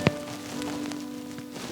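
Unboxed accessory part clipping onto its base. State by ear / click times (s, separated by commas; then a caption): seated / 0.1 s. An unboxed accessory piece, lined up on its base, is clipped on as the second part, giving one sharp click at 0.1 s. Music plays in the background with a few faint ticks after it, and the piece is seated.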